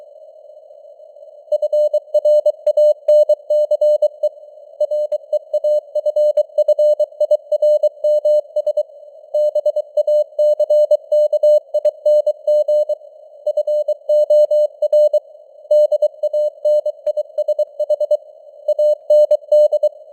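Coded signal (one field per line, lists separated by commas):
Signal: Morse code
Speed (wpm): 23 wpm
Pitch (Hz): 600 Hz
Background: none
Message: FRANCE REAFFIRMS BACKING FOR DANISH AND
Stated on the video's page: Morse code news headlines at 23 wpm with simulated radio noise and varying signal strength (QSB).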